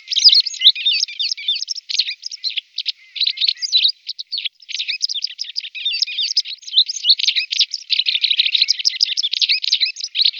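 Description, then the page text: White wagtail twittering song: a long, busy run of high, sharp chirps and short trills, nearly continuous with brief pauses around the third and fourth seconds. "Белая трясогузка"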